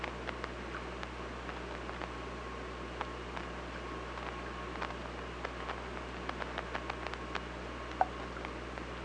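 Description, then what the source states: Killer whale clicks scattered throughout, over constant low hum and hiss. At OrcaLab, 24 August 2017, 19:59:15.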